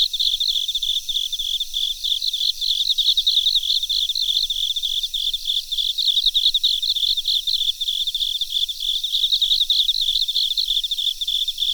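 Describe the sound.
Cricket song of rapid high chirps, evenly spaced and unbroken, over a quiet hiss.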